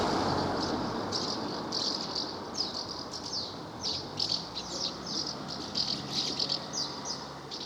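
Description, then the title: Swallows calling in a busy series of high chirps and twitters, with a soft low rumble in the background. Recorded at Villefranche-du-Périgord, France. "1 Rue Notre Dame, 24550 Villefranche-du-Périgord, France - Swallows - Hirondelles"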